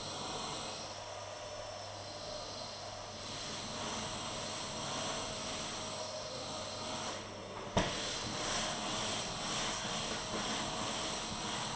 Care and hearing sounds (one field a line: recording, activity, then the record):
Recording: daily activity, microphone in the room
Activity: vacuum cleaning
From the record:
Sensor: 4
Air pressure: 1011.1 hPa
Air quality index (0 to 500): 150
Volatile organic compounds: 3 ppm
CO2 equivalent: 1532 ppm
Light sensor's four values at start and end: 82/219/91/96 and 80/215/90/94